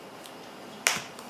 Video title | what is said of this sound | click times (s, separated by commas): Adding a 3G modem to the Lenovo Thinkpad Tablet | Hear a nice snapping. | 0.9 s